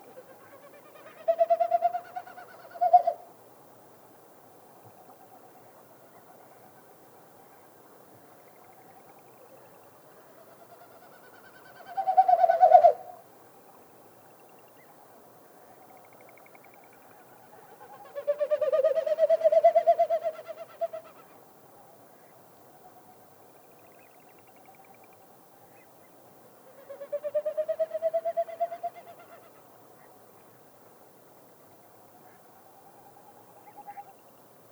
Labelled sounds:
Wilson's Snipe
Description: It's spring in Yellowstone

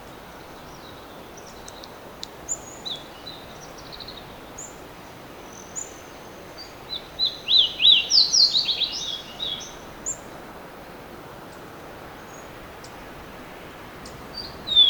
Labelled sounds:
Fox Sparrow song
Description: Fox Sparrow song recorded at the Alluvial Fan in Rocky Mountain National Park
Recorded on 19 May 2016

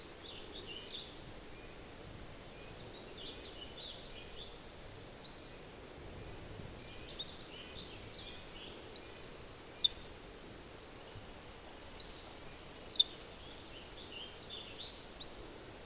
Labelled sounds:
Western Flycatcher song
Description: Cordilleran Flycatcher song recorded on the Gem Lake Trail in Rocky Mountain National Park
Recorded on 22 June 2015

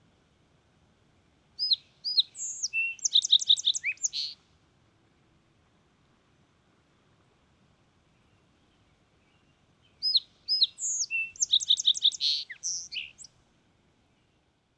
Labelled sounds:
Song Sparrow song
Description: Song Sparrow song recorded at Hollowell Park in Rocky Mountain National Park
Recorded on 6 June 2017

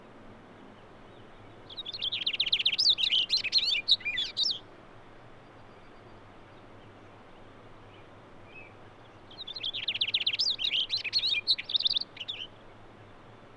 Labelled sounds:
Cassin's Finch song
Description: Cassin's Finch song recorded at Hollowell Park in Rocky Mountain National Park
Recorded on 6 June 2017

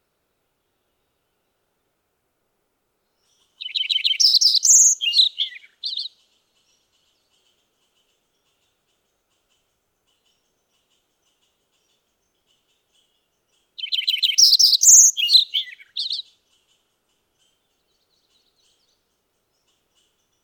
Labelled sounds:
Lincoln's Sparrow song
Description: Lincoln's Sparrow song recorded on the Emerald Lake Trail in Rocky Mountain National Park
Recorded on 29 June 2015

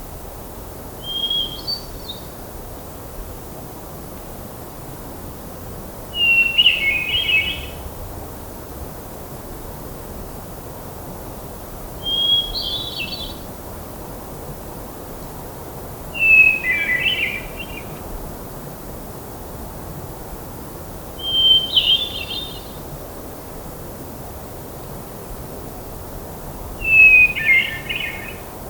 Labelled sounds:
Hermit Thrush song
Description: Hermit Thrush song recorded on the Allenspark Trail in Rocky Mountain National Park
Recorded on 1 June 2016

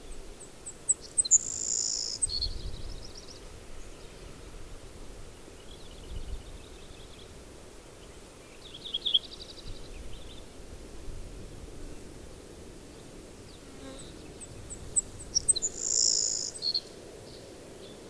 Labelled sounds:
Savannah Sparrow song
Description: Savannah Sparrow song recorded in Upper Beaver Meadows in Rocky Mountain National Park
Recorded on 24 June 2015

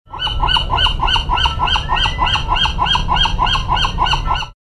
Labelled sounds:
Western Gull
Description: Sound recording of the Western gull, Golden Gate National Recreation Area, California

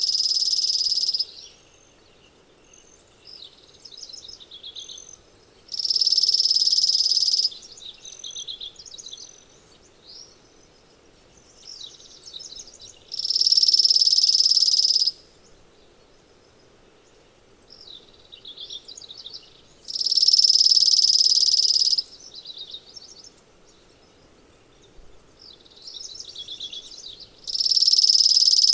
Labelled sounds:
Chipping Sparrow song
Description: Chipping Sparrow song recorded on the Cow Creek Trail in Rocky Mountain National Park
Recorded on 15 June 2015

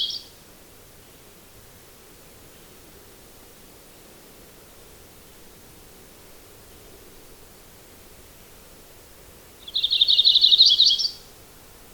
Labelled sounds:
Yellow-rumped Warbler song
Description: Audubon's Warbler song recorded on the Gem Lake Trail in Rocky Mountain National Park
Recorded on 22 June 2015

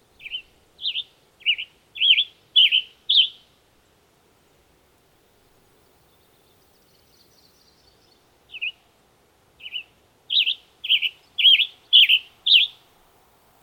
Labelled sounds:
Western Tanager song
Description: Western Tanager song recorded on the Bridal Veil Falls Trail in Rocky Mountain National Park
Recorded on 22 June 2015

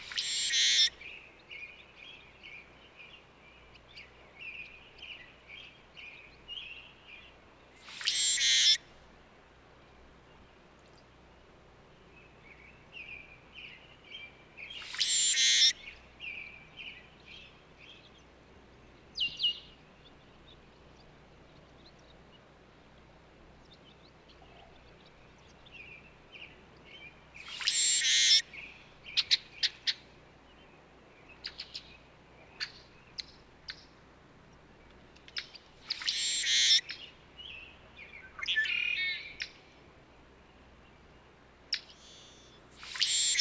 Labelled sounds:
Brewer's Blackbird song
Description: Brewer's Blackbird song recorded in Moraine Park in Rocky Mountain National Park
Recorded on 29 May 2017

